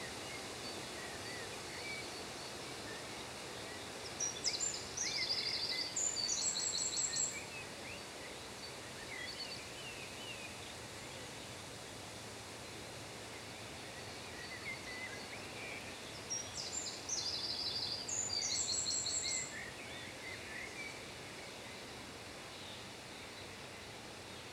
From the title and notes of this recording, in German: Auricher Wiesen. Es ist Frühling geworden. Die Sonne ist noch nicht lange am Himmel. Der Wind ist bereits schon aufgewacht und zerrt an dem Windschutz des Mikrofons. Die Blätter in den umgebenden Bäumen rascheln aufgeregt und das Gras der Wiese wiegt sanft in dem Wind.